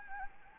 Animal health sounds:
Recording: mosquito wingbeat signal from an infrared sensor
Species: Anopheles gambiae

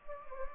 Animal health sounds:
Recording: mosquito wingbeat signal from an infrared sensor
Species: Anopheles gambiae

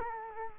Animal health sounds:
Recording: mosquito wingbeat signal from an infrared sensor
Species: Culex quinquefasciatus

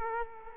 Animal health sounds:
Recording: mosquito wingbeat signal from an infrared sensor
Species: Culex quinquefasciatus

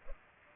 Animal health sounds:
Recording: mosquito wingbeat signal from an infrared sensor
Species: Culex pipiens

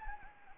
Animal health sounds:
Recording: mosquito wingbeat signal from an infrared sensor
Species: Anopheles gambiae

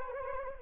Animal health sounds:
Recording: mosquito wingbeat signal from an infrared sensor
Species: Anopheles gambiae

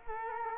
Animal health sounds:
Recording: mosquito wingbeat signal from an infrared sensor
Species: Culex quinquefasciatus

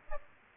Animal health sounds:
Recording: mosquito wingbeat signal from an infrared sensor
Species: Aedes aegypti

